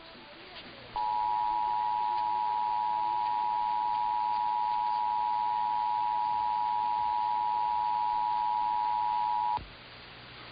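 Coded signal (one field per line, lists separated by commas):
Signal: Emergency Alert System (SAME) tones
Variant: 853 and 960 Hz attention tone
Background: speech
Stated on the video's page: Compilation of EAS Required Monthly Tests and Required Weekly Tests.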